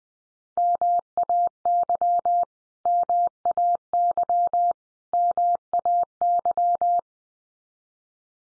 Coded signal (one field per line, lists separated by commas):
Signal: Morse code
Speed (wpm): 20 wpm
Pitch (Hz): 700 Hz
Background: none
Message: MAY MAY MAY